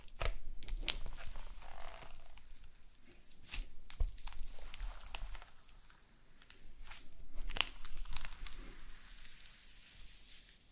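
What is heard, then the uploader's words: Slime being squeezed and worked, with wet squelches, pops and sticky clicks coming in quick irregular bursts. Sharp bright snaps stand out near 1, 3.5, 4, 7 and 7.6 seconds, and a quieter stretch in the middle separates two busier spells. ASMR SLIME No Talking Satisfying slime Sounds.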